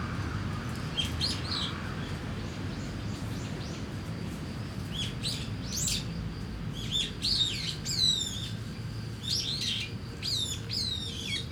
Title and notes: Kiyosumi garden, Tokyo, Japon - Starling in a tree. Starling singing in a tree, crickets, cars, helicopter, people passing by